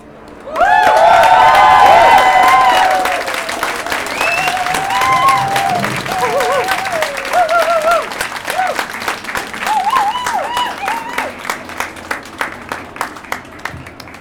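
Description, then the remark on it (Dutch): An audience at the Pride Walk breaks into loud applause with whoops and cheers rising over it, for a performer who shared their story in the form of a song. The clapping continues steadily and thins into separate, rhythmic claps toward the end. “Ja, nog 1 keer applaus”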